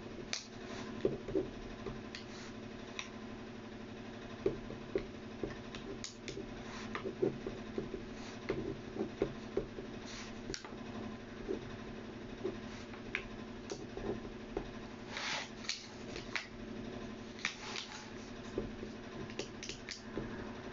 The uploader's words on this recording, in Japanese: 身体表現家 役者でない が何らかのテキストを書き写しているときの音をお送りします。今回は、素潜り旬さんの詩集『パスタで巻いた靴』より『パスタで巻いた靴』を移している最中の音です。